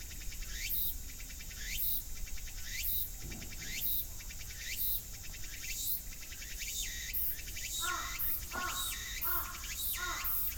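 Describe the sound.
Cicadas calling with buzzy rising sweeps repeated about once a second, and extra chirping notes joining in over the last few seconds.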